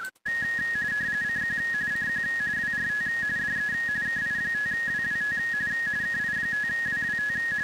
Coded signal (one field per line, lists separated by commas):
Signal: RTTY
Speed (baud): 45.45 baud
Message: CQ CQ WRT DE KI5WWT KI5WWT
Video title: Weekly RTTY TEST - 5-29-2026